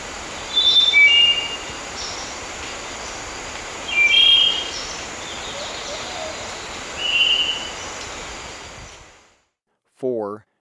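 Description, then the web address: Spotted nightingale-thrush song: short, bright whistled phrases repeated roughly every three seconds over a steady loud hiss, before the sound cuts off. Ecuador. "Natures Songs S America Birds of Ecuador Spotted Nightingale-Thrush"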